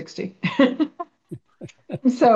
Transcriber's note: laughs